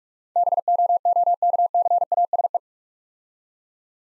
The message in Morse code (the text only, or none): BOOKCASE